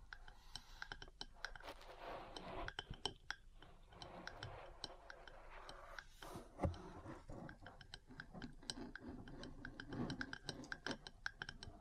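Metal parts tap and scrape in quick, irregular clicks over a steady scratching rustle, with a sharper knock near the middle.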